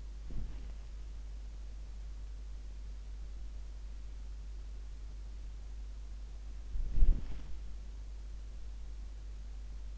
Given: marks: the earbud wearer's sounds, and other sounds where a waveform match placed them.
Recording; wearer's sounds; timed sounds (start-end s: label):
sounds in sleep by an in-ear microphone; body movement
0.00-1.21 s: body movement
6.86-7.50 s: body movement